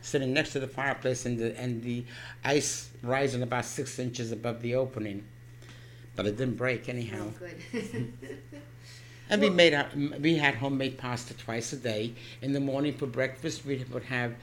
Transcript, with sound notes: Sitting next to the fireplace, and the ice rising about six inches above the opening. But it didn't break anyhow.
Oh, good. ( she laughs )
And we made our, we had homemade pasta twice a day. In the morning for breakfast we would have